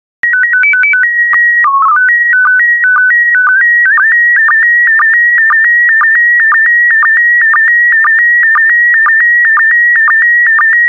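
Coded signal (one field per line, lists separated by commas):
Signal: SSTV (slow-scan television)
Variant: PD 120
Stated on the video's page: PD120-mode SSTV images of World War II planes, prepared for listeners to practise decoding.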